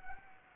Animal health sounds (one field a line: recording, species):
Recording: mosquito wingbeat signal from an infrared sensor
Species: Anopheles gambiae